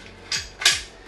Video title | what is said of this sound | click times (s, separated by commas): How To Build Sliding Pocket Doors in a Bus Conversion | So this is the lock to our bathroom door, and then this is how you keep it locked into place so that when you're driving around, it doesn't swing in and out. | 0.7 s